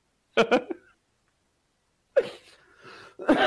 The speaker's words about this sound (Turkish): Pardon arkadaşlar. Biraz rahatsızım, öksürüp duruyorum.